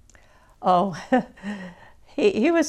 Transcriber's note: she makes a laughing sigh